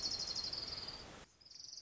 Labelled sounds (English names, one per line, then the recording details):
Orange-crowned Warbler
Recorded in Sonoma County, California